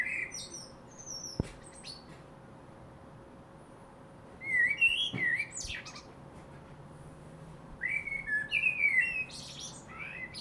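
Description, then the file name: Common blackbird singing two fluting phrases, low warbled notes that break into thin high squeaks, with a sharp click early on and a soft background hum. "Turdus merula"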